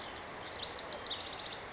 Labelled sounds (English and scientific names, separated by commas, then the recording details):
House Wren (Troglodytes aedon)
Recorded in Sonoma County, California